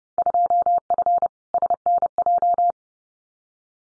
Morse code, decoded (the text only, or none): 2F SNJ